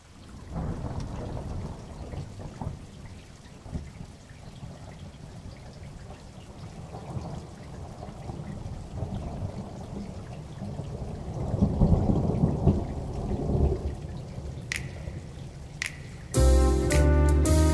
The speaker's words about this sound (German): Ganz England wurde seit Tagen von einem großen Regengebiet heimgesucht. Vor allem London schien davon betroffen und ganz speziell die Fifth Avenue, auf der ein einsamer Mensch fluchend gegen die Windböen ankämpfte.